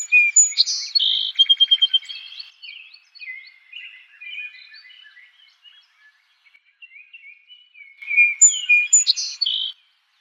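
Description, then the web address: Song Sparrow song: a loud burst of rapid repeated notes and buzzy trills, followed by softer twittering, then another loud song phrase near the end. Recorded 4 January 2007. "Song Sparrow 2007 01 04"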